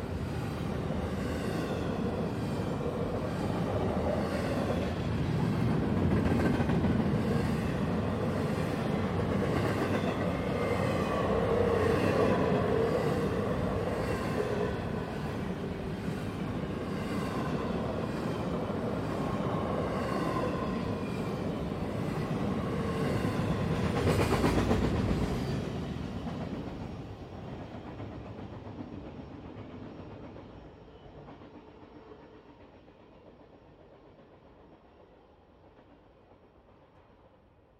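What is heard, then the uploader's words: A freight train rolls past, a dense rumbling roar with rhythmic wheel clatter and metallic squeals through the first half. The noise peaks around twenty-five seconds, then fades steadily as the train recedes, leaving a low rumble by the end. Eastward Migrating BNSF. Freight Train. A rather more recent introduction to the Pacific Northwest soundscape. In this clip, a BNSF can be heard racing by at its full natural top-speed of almost 55 miles per hour.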